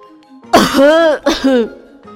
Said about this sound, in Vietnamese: Lần này đến Bạch Ngọc Đường sặc, tay cầm chén vừa ho vừa dùng vẻ mặt bội phục nhìn Triển Chiêu.